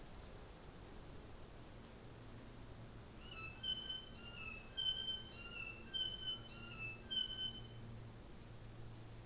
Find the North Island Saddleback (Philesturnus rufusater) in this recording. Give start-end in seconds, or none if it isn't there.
none